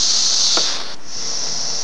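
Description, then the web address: Cicada call: a steady, high, hissing buzz that dips briefly midway before resuming. Recorded in June 2004. "fleur cicadas"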